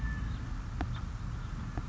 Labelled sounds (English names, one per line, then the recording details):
House Finch
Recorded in Sonoma County, California